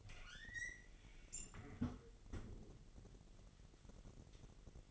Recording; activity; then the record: daily activity, microphone in the room; close fridge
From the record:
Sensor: 4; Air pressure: 1002.9 hPa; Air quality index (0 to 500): 247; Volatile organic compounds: 19 ppm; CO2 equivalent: 2642 ppm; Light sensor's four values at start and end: 4/9/3/4 and 4/9/3/4